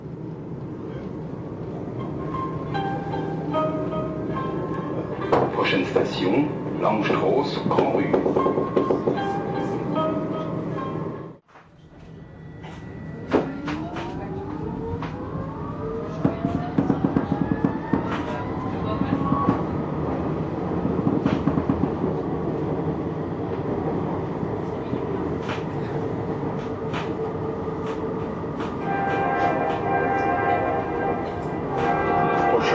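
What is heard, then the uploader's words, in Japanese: Inside a train, a steady low rumble runs throughout while a short melody plays over the onboard announcement in the first ten seconds. After a brief drop to near silence, a motor whine rises in pitch, and another bright chime-like tune sounds near the end. ストラスブールのトラム（メロディが秀逸）。フランス訪問の際に収録したトラムのチャイム。ストラスブールのトラムでは、到着の車内放送でメロディが流れるのですが、そのバリエーションが豊富でしかもセンスのいいものとなっています。いろいろなメロディをつなげてみました。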